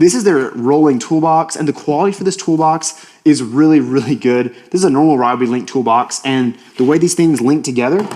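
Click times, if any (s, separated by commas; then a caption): none. Someone talks over the handling of a Ryobi Link modular plastic stacking toolbox being brought to the top of a Ryobi Link rolling toolbox, where it is meant to drop straight on and lock in place. Nothing has seated or clicked yet by the end of the clip.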